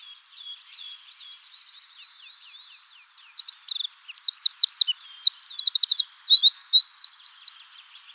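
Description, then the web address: Eurasian wren song: faint high twittering for three seconds, then a loud, rapid burst of high notes with fast buzzy trills and sweeping whistles, ending abruptly. Song, recorded at Wiesloch. "Wiesloch Zaunkönig Gesang"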